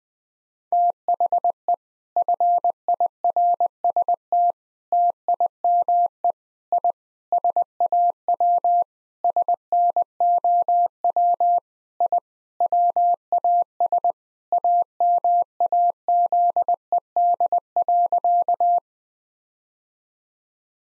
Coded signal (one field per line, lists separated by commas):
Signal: Morse code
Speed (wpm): 20 wpm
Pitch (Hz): 700 Hz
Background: none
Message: THE FIRST TIME I SAW SNOW I WAS AMAZED.